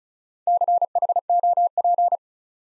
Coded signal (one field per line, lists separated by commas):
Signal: Morse code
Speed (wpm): 35 wpm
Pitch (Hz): 700 Hz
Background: none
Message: CHOP